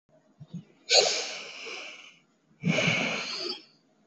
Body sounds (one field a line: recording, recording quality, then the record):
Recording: deep breathing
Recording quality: excellent, no background noise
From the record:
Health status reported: healthy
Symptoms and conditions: none ticked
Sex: male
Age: 20 years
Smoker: not ticked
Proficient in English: yes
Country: India